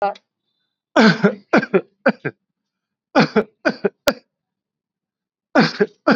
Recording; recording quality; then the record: heavy voluntary cough; excellent, no background noise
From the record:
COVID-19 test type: RT-PCR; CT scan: not taken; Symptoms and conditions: none ticked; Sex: male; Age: 39 years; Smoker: yes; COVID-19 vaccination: both doses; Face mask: worn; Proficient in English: yes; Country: India